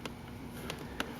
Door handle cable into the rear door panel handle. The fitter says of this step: hook our cable back on it just kind of snaps right in like that